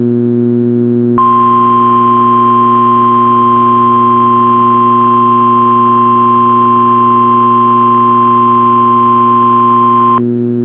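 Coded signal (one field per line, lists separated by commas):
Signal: Emergency Alert System (SAME) tones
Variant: 1050 Hz attention tone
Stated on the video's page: Required Weekly Test from a Civil Authority on a NOAA Weather Radio transmitter.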